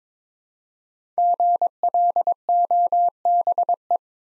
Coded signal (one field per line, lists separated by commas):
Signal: Morse code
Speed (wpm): 22 wpm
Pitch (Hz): 700 Hz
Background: none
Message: GLOBE